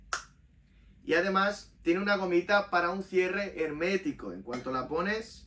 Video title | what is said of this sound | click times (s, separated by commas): Taza de acero inoxidable con asa y tapa | un cierre para que no se escape tu bebida de acuerdo se oye el clic y | 0.1 s